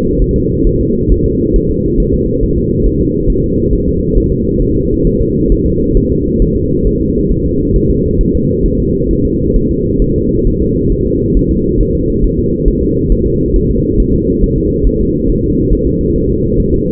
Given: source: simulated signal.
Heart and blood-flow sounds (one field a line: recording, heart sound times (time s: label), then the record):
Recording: fetal heart sounds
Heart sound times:
0.22 s: S1
0.36 s: S2
0.67 s: S1
0.81 s: S2
1.12 s: S1
1.26 s: S2
1.56 s: S1
1.71 s: S2
2.00 s: S1
2.14 s: S2
2.44 s: S1
2.58 s: S2
2.87 s: S1
3.01 s: S2
3.30 s: S1
3.44 s: S2
3.73 s: S1
3.88 s: S2
4.17 s: S1
4.32 s: S2
4.62 s: S1
4.76 s: S2
5.07 s: S1
5.21 s: S2
5.52 s: S1
5.66 s: S2
5.97 s: S1
6.11 s: S2
6.42 s: S1
6.56 s: S2
6.87 s: S1
7.01 s: S2
7.32 s: S1
7.46 s: S2
7.76 s: S1
7.91 s: S2
8.21 s: S1
8.35 s: S2
8.66 s: S1
8.80 s: S2
9.11 s: S1
9.25 s: S2
9.56 s: S1
9.71 s: S2
10.02 s: S1
10.16 s: S2
10.47 s: S1
10.62 s: S2
10.92 s: S1
11.06 s: S2
11.37 s: S1
11.51 s: S2
11.81 s: S1
11.95 s: S2
12.24 s: S1
12.39 s: S2
12.68 s: S1
12.83 s: S2
13.12 s: S1
13.27 s: S2
13.56 s: S1
13.71 s: S2
14.00 s: S1
14.14 s: S2
14.44 s: S1
14.58 s: S2
14.87 s: S1
15.01 s: S2
15.30 s: S1
15.44 s: S2
15.73 s: S1
15.87 s: S2
16.16 s: S1
16.30 s: S2
16.60 s: S1
16.74 s: S2
From the record:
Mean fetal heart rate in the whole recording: 135 bpm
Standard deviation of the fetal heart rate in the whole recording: 3 bpm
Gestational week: 36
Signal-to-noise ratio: -14.7 dB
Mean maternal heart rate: 72 bpm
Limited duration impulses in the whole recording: present